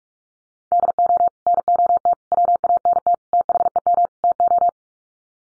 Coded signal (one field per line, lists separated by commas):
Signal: Morse code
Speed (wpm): 44 wpm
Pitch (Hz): 700 Hz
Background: none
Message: DO NOT WANT THEM TO